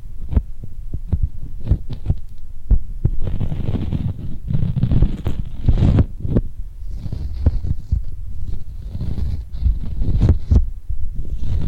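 Tingly, sticky hand sounds: frequent soft taps and peeling clicks, low and thumpy, with occasional brighter crackles and a faint hiss throughout.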